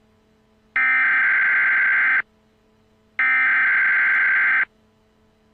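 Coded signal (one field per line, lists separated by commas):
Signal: Emergency Alert System (SAME) tones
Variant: header bursts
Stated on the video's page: Fictional scenario alert, not a real broadcast.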